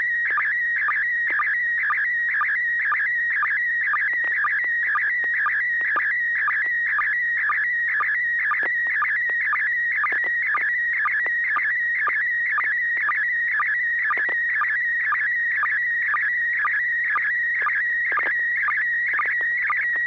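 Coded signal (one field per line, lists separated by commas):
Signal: SSTV (slow-scan television)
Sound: continuous warbling whistle near 2 kHz with short low chirps about twice a second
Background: low steady hum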